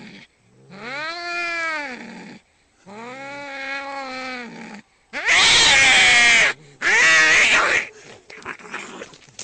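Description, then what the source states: Domestic cat giving two arched, moaning yowls, then two very loud harsh screeching hisses, ending with softer scattered sputters. Angry cat.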